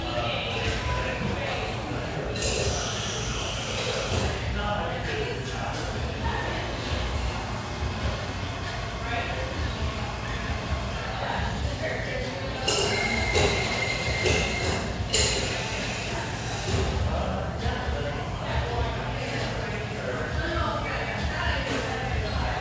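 A busy café with a steady wash of overlapping conversation and a low, constant rumble underneath. Voices rise and fall throughout, with brighter clatters and clinks of dishes breaking through around 3 seconds and again between 13 and 15 seconds.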